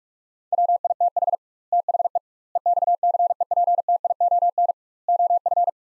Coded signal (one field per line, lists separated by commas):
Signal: Morse code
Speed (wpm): 46 wpm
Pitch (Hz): 700 Hz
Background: none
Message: WITH THE EXCEPTION OF